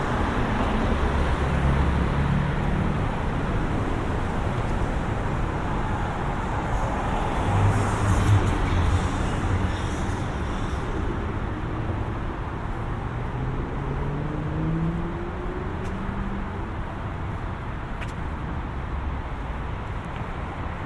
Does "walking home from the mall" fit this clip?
yes